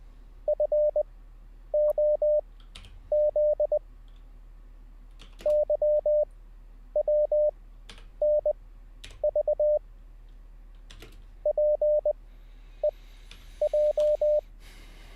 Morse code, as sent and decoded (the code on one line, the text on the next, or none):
..-. --- --.. / -.-- .-- -. ...- / .--. . .---
FOZ YWNV PEJ